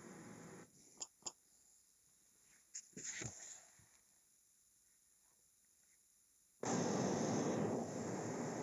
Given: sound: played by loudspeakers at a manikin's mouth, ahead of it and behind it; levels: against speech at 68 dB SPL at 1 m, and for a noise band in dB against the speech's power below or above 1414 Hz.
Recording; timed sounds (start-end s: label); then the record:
test signals for a remote microphone
0.00-0.63 s: speech-spectrum noise from behind
1.00 s: click
1.25 s: click
6.63-8.62 s: speech-spectrum noise from the mouth, turned 45 degrees left
From the record:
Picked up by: remote microphone A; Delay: 47 ms